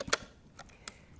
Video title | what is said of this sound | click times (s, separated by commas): FARO Focus Premium | now you insert your fully charged battery with white writing up until it clicks | 0.1 s